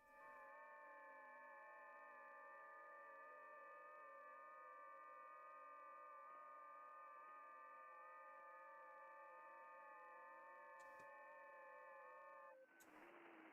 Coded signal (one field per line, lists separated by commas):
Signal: FT8